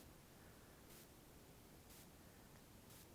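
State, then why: Not seated. A terminal pin is held oriented the same way it came out and lined up with a wiring connector housing, ready to be pushed back in. Only a steady noisy hiss with faint rustling is heard, with brief brighter high-frequency bursts near 1.0, 2.0 and 3.0 seconds. The pin has not seated or clicked yet.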